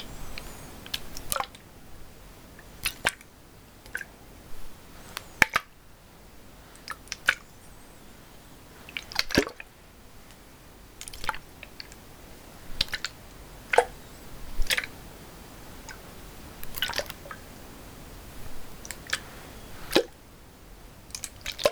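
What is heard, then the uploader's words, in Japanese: Water sounds: irregular clicks, splashes and drips land every second or so over a soft, steady hiss. The sharp events are bright and brief, some closer together and some spaced out, with a few louder splats near 3, 9 and 15 seconds. 水の音。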